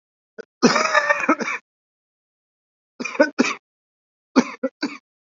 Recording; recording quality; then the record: shallow voluntary cough; excellent, no background noise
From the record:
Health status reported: COVID-19 positive, moderate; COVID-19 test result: positive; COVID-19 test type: RT-PCR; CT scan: not taken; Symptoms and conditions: cough, cold, fever, fatigue, muscle pain, loss of smell and taste, diarrhoea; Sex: male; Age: 25 years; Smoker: no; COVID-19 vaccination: both doses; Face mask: worn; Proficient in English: yes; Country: India